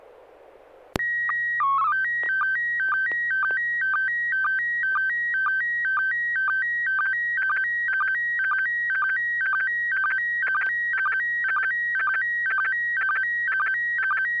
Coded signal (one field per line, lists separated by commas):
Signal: SSTV (slow-scan television)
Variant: PD 120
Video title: N6NA SSTV Net - 05/17/2023